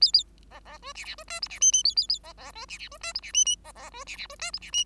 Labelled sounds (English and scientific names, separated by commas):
Bengalese Finch (Lonchura striata domestica) song